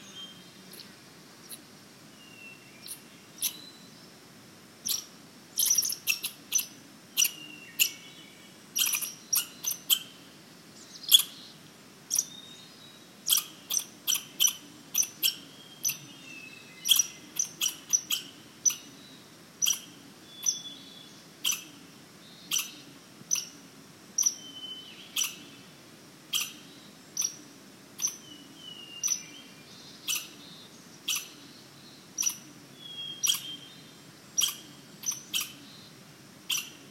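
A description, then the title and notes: A western gray squirrel gives sharp, bright chips at a steady pace, about one a second, for the whole clip. Faint, thin thrush phrases drift between the chips in the upper range, and a soft low forest rumble runs underneath. HERMIT THRUSH DUO, with WESTERN GRAY SQUIRREL. Wallowas, OREGON. Our DUO was recorded 200 meters, or what I call 2 degrees of climate, higher up, in closed canopy oldgrowth Ponderosa Pine & Doug-fir forest.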